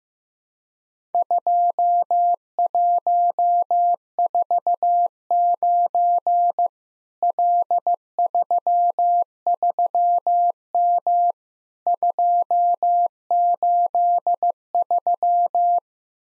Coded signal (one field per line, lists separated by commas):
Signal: Morse code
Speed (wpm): 15 wpm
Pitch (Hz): 700 Hz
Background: none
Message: 2149 L33M 283